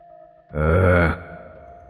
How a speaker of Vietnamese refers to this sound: Tiếng thở đứt quãng, nặng nề của hắn ngày càng gần hơn.